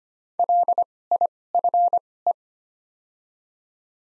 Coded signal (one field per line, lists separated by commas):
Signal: Morse code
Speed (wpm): 25 wpm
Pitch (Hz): 700 Hz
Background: none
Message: LIFE